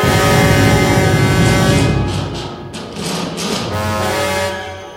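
Heavy bronze doors are hauled open with a long, loud, groaning creak, a low rumble beneath strained tonal moans and a few brief scraping bursts, easing off toward the end. No one speaks.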